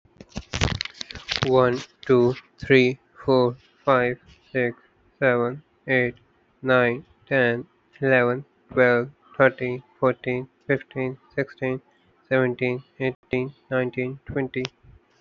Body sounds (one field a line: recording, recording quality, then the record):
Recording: counting at a normal pace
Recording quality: moderate, slight background noise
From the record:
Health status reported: healthy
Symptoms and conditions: none ticked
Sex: male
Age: 25 years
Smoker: not ticked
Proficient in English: yes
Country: India